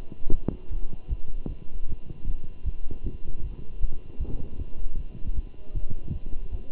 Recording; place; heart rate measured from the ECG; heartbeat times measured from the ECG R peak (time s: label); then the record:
heart sounds by stethoscope; between the tricuspid and mitral areas; 155 bpm
0.31 s: heartbeat
0.70 s: heartbeat
1.09 s: heartbeat
1.48 s: heartbeat
1.88 s: heartbeat
2.26 s: heartbeat
2.64 s: heartbeat
3.03 s: heartbeat
3.42 s: heartbeat
3.81 s: heartbeat
4.19 s: heartbeat
4.58 s: heartbeat
4.97 s: heartbeat
5.35 s: heartbeat
5.74 s: heartbeat
6.13 s: heartbeat
6.51 s: heartbeat
From the record:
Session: Bruce protocol treadmill stress test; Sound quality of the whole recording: good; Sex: male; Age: 23 years